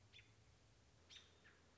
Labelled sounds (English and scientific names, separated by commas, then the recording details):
American Robin (Turdus migratorius)
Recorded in Sonoma County, California